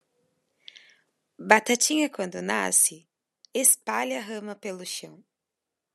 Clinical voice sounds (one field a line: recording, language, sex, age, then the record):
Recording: short text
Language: Brazilian Portuguese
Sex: female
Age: 20 to 29 years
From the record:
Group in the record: control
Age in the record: 28 years